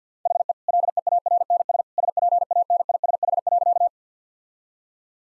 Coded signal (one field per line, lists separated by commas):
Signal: Morse code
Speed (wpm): 50 wpm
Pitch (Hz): 700 Hz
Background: none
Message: HE LEARNS SPANISH.